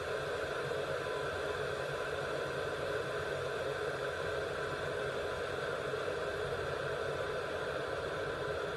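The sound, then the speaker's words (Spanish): A washing machine runs with a steady, unbroken mechanical hum and broad whooshing drone, holding an even loudness throughout with no voices or distinct knocks. “Desayuno y me voy a prender a lavar.”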